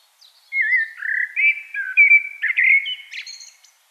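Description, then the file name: Common blackbird singing one long melodious phrase of warbled whistles that ends in a high, thin squeaky flourish. "Turdus merula"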